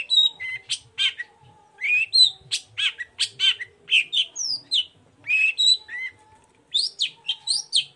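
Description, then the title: Long-tailed shrike song, a rapid varied medley of sharp whistles, downslurred squeaks and buzzy chatter, delivered in quick phrases with brief pauses. Morning song with varied "toet toet" phrases; provokes other shrikes to answer and sing along. "Cendet Gacor Dor Di Kala Pagi Toet Toet Variasi Suara. Pancingan Emosi Cendet Gacor Full Variasi Toet Toet Bikin Nyaut Cendet Lain Langsung Ikutan Bunyi"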